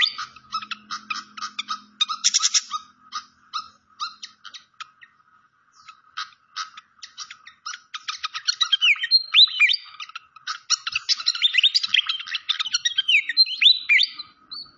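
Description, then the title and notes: Malaysian pied fantail song: rapid runs of sharp chirps that build into tumbling, slurred whistled phrases in the second half. Masteran (training recording) with clear-voiced song mixed with the sound of trickling water. "Masteran Sikatan Kipas Suara Jernih Dan Suara Gemericik Air. Suara Burung Sikatan Londo"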